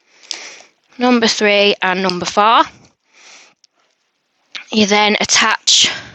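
The second air hose connector, number two, is pushed into its numbered port on an Elk lifting cushion and clicks sharply at 0.3 s, showing it is seated. Someone then talks.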